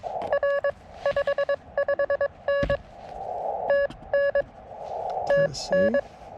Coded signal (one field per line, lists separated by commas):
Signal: Morse code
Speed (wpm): 22 wpm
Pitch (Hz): 1700 Hz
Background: none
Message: R 55N TN TN